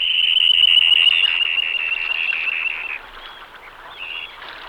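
Dunlin gives a fast, buzzy trill of rapid rasping notes lasting about three seconds, followed by a few softer calls.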